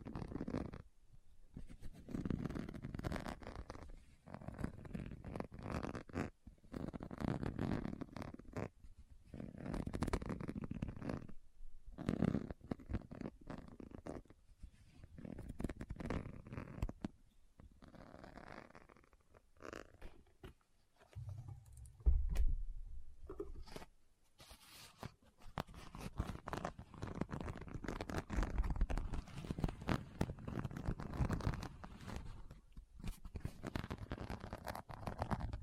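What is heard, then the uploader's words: Someone rummages through a bag with no talking, making a steady run of rustles, scrapes and zipper pulls that come in short bursts with brief pauses between them. Around 22 seconds a lower thump stands out, then the shuffling of items resumes. ASMR What's In My Bag (No Talking).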